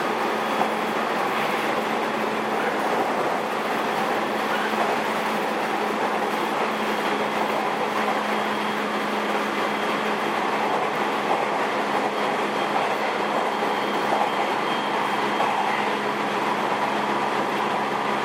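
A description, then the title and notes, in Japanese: A JR 207 series train running between Kyobashi and Takarazuka, with a steady, dense rumble, an even low hum, and faint rail clatter throughout. JR207系 京橋〜宝塚。JR東西線、宝塚線の区間で録音しました。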